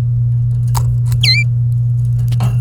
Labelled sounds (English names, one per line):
Domestic Canary song